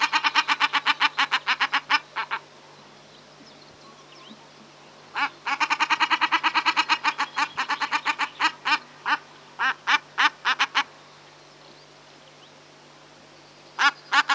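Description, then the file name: Common shelduck calling in long fast series of harsh, cackling nasal notes, pausing and restarting, slowing to spaced single notes before a final quick burst. "Common Shelduck (Tadorna tadorna)"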